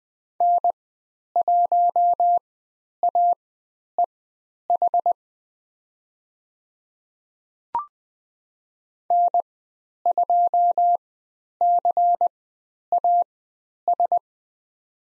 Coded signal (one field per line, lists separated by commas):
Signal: Morse code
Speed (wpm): 20 wpm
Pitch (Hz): 700 Hz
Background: none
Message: N1AEH N2CAS